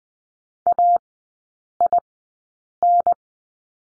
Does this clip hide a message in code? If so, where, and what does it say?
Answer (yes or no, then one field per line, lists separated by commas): yes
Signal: Morse code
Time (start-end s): 0.7-3.1 s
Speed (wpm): 20 wpm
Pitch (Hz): 700 Hz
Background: none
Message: AIN